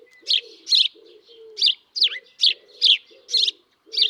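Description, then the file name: House sparrow chirps, bright and slightly buzzy, about eight in quick succession. "Passer domesticus"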